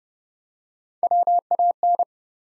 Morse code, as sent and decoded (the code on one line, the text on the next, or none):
.-- .- -.
WAN